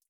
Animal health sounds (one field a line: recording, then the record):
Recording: hydrophone in a shrimp aquaculture tank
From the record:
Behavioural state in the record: feeding